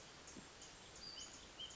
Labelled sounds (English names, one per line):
Western Flycatcher